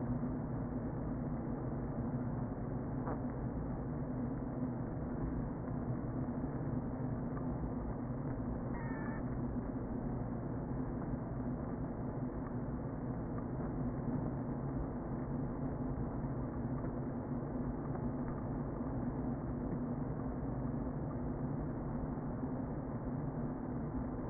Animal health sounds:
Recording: honeybee colony, microphone inside the hive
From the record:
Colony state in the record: queen present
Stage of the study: before two queens were removed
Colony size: about 60,000 bees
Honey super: yes

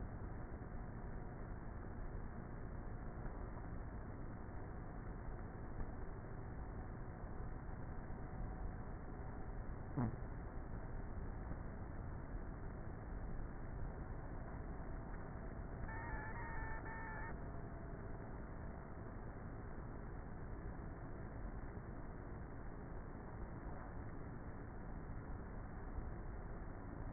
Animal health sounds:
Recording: honeybee colony, microphone inside the hive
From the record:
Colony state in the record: queenless with a low population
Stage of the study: before two queens were removed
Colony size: about 30,000 bees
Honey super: no

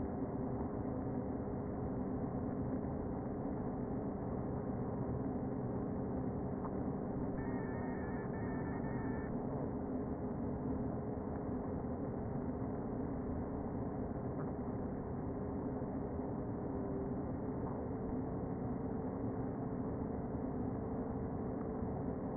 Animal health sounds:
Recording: honeybee colony, microphone inside the hive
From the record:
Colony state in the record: queen present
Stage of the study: before two queens were removed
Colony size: about 60,000 bees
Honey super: yes

